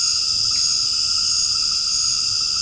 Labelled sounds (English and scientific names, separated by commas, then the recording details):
none
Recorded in secondary vegetation near Puerto Asís, Putumayo, Colombia, on 8 March 2025 at 19:30
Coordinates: 0.502, -76.326
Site G100